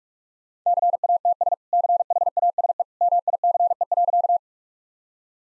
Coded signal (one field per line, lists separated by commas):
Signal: Morse code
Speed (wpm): 46 wpm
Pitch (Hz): 700 Hz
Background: none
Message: CATS CHASE MICE.